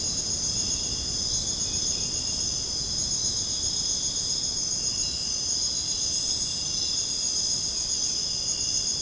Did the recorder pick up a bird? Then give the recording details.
no. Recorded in dense forest near Puerto Asís, Putumayo, Colombia, on 29 June 2025 at 01:00. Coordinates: 0.486, -76.317. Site G065